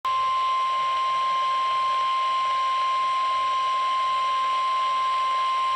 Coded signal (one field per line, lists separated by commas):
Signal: Emergency Alert System (SAME) tones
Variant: 1050 Hz attention tone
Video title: Severe Thunderstorm Warning #3 - 07/21/16 (EAS #1,153)